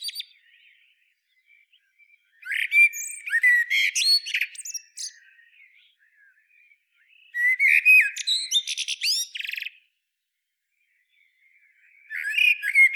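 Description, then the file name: Eurasian blackbird giving three fluty song phrases, each followed by thin high squeaks, repeated about every five seconds, near-silent gaps between. "Turdus merula"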